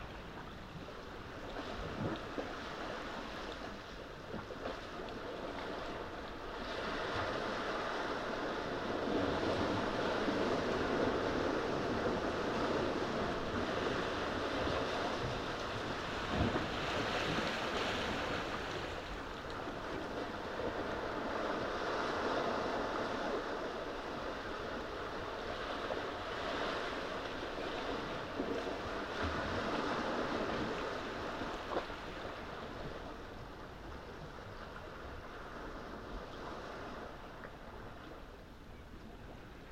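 Waves wash steadily against rocks, swelling louder around ten to twenty seconds, with a dense hiss of surf and a faint low rumble throughout.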